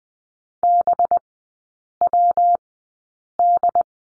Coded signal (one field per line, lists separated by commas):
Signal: Morse code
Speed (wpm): 20 wpm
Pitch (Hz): 700 Hz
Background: none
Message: BWD